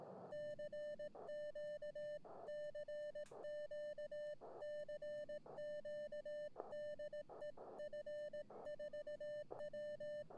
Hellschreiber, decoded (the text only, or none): none